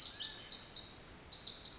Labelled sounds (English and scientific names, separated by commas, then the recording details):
Pacific Wren (Troglodytes pacificus)
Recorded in Sonoma County, California